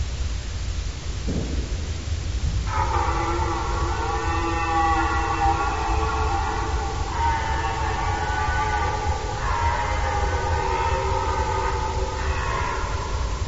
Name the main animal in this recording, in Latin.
Cervus elaphus